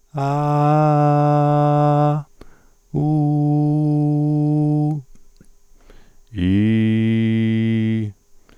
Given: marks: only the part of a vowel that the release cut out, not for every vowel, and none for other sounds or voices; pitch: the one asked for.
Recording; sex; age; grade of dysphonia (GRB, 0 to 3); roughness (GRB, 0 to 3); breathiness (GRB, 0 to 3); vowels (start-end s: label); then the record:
sustained vowels; male; 30 to 39 years; 0; 0; 0
0.22-2.11 s: vowel /a/, high pitch
3.03-4.87 s: vowel /u/, high pitch
6.56-7.99 s: vowel /i/, low pitch
From the record:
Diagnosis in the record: functional dysphonia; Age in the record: 36 years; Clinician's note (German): Multifaktoriell, mit cervicogener Komponente